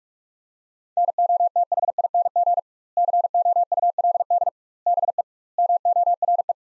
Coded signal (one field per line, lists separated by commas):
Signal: Morse code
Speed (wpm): 46 wpm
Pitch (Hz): 700 Hz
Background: none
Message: NOTHING COULD BE MORE